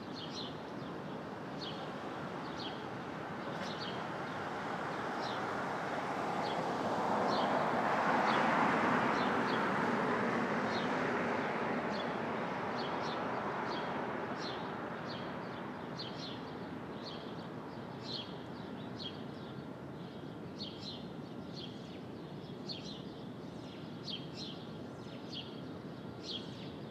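A Brooklyn dawn: a steady low rumble of traffic fills the whole clip, swelling as a vehicle passes between about seven and twelve seconds, then fading back. Over it, a bird repeats short, bright chirps at a fairly regular pace throughout.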